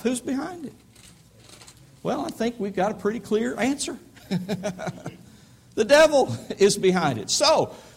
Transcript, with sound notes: Who’s behind it? Well, I think we’ve got a pretty clear answer. [Laughter] The Devil is behind it!